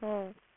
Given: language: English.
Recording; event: throat vibration sensor signal played as sound; speech